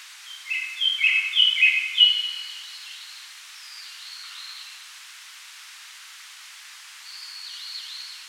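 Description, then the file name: Japanese thrush song: a bright, rapid phrase of clear whistled notes for nearly two seconds, followed by softer, slurred whistles fading in and out. "Turdus cardis"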